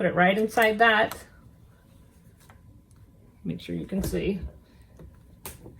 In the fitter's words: and give it a press and you can kind of feel it click right into place